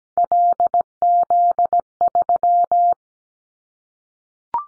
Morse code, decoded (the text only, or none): LZ3